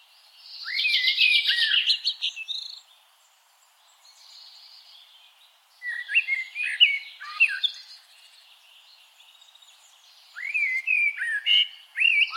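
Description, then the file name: Common blackbird song in three bursts: a high, scratchy twitter first, then two rich whistled phrases with wavering notes and squeaky flourishes, separated by quiet gaps. "Turdus merula"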